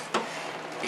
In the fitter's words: okay this door is not closing it's not latching you